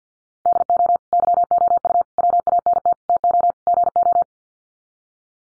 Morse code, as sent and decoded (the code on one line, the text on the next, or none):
-.. --- / -.-- --- ..- / .-- .- -. - / - --- / --. ---
DO YOU WANT TO GO